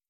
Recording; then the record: hydrophone in a shrimp aquaculture tank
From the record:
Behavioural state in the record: feeding